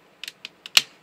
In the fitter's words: there you go there is two clicks all the way down and i think i actually like this better